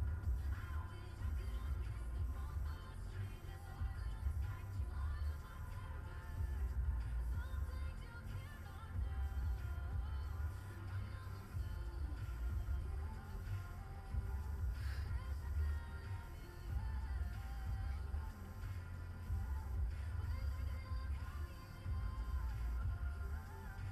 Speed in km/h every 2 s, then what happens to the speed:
0, 0, 0, 0, 0, 0, 0, 0, 0, 0, 0, 0.
0-24 standing.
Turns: none.